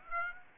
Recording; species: mosquito wingbeat signal from an infrared sensor; Aedes aegypti